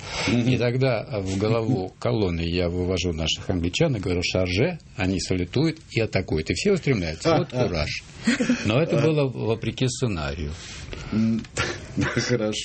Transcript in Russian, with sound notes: И тогда в голову колонны я вывожу наших англичан и говорю «Шарже?» Они салютуют и атакуют – и все устремляются. Вот кураж! (все смеются) Но это было вопреки сценарию.
Хорошо.